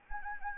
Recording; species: mosquito wingbeat signal from an infrared sensor; Anopheles arabiensis